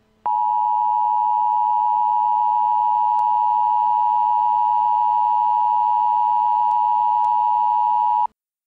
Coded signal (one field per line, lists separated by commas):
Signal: Emergency Alert System (SAME) tones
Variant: 853 and 960 Hz attention tone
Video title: EAS Mock Request #19: SVR in Knox, OH January 3, 2014